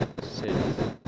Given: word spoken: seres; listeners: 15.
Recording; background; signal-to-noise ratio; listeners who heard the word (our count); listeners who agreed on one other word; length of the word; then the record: one Spanish word in noise, from a listening test; noise modulated by one talker; -9.8 dB; 1 of 15; 10 of 15; 0.68 s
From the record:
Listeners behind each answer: 10, 2, 1, 1, 1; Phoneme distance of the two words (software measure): 17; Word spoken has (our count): 2 syllables, 5 phonemes, stress on syllable 1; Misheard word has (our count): 1 syllable, 4 phonemes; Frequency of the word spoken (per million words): 62.80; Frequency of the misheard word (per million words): 195.41